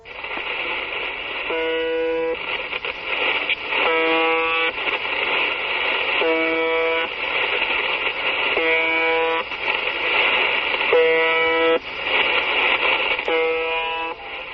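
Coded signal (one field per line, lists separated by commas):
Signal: channel marker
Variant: UVB-76 (The Buzzer)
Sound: harsh low buzzes about one second long, repeating roughly every two seconds, six times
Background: radio static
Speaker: Pues podría ser el clxon de un camión, la sirena de un barco, pero no se llama o se llamaba UVB76.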